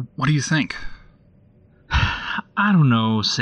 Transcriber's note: sighs